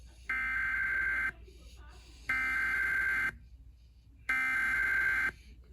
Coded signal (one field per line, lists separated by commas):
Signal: Emergency Alert System (SAME) tones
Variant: header bursts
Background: speech